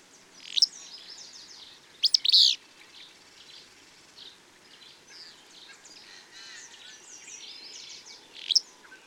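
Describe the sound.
Bird song with loud high chirps and sweeping notes, and softer twitters between the bursts.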